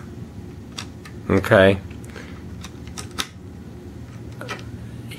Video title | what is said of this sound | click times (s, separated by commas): Hot Wheels Lego Cars & Lego Mini Figs | he doesn't lock into place at all so | none